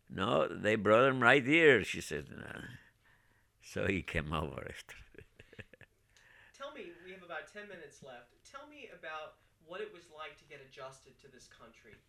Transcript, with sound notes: "No, they brought him right here," she said. So he came over. (he laughs)
Tell me, we have about ten minutes left, tell me about what it was like to get adjusted to this country.